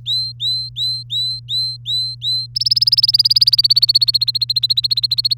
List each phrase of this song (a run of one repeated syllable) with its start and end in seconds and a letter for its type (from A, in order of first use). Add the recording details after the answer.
0.00-2.46 A, 2.55-5.34 B. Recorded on 3 May 2018 at 13:38. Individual llb3